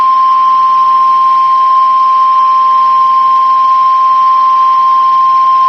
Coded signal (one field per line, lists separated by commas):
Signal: Emergency Alert System (SAME) tones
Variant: 1050 Hz attention tone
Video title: Severe thunderstorm warning EAS (eas #8) #jesus #maga #weatherradio